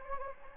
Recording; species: mosquito wingbeat signal from an infrared sensor; Anopheles gambiae